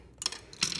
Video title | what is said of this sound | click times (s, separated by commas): FA20 & FB Engine Fatal Flaw and How To Fix It | onto the pivot just like so now you'll hear a click like so and | 0.3 s, 0.6 s